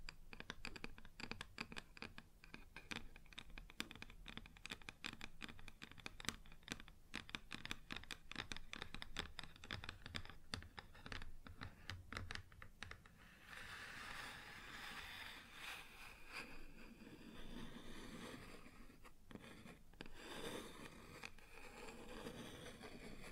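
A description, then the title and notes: Rapid tapping and knocking on a wooden surface fills the first half, dense, irregular clicks with a low rumble underneath. After about 13 seconds it turns into steadier scratching and scraping, brighter and hissier, with occasional sharper knocks near 20 seconds. ASMR Wood Surface Tapping & Scratching (No Talking).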